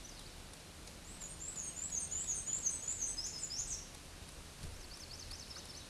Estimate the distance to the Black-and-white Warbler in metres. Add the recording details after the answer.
about 10 m. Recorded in a Pennsylvania forest on 18 May 2023 at 13:50. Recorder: AudioMoth, point grid1_3_low. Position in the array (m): 92 m, 46 m